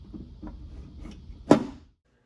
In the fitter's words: Make sure to align each piece properly with measurement and to hear a click sound as each height rod is locked together.